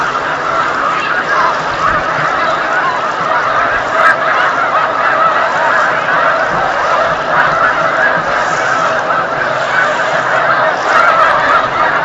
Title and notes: snow geese on Lake Champlain, November 2018.